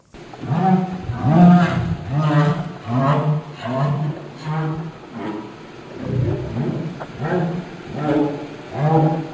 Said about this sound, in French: Et tout de suite, on va écouter le son, pour le coup, qui relèverait plus d'une communication sociale, toujours d'une baleine à bosse. Vous allez voir, la distinction est évidente.